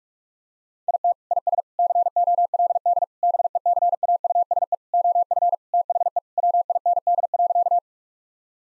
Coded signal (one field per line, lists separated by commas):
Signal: Morse code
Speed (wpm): 45 wpm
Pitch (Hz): 700 Hz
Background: none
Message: IT IS COLD BECAUSE OF THE WIND.